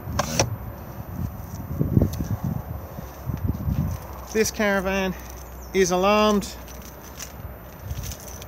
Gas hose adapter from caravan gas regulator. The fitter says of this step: push the collar up and it will then pop back out again.